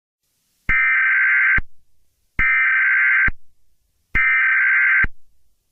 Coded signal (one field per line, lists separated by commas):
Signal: Emergency Alert System (SAME) tones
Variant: header bursts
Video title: DirecTV EAS National Periodic Test (10/4/23)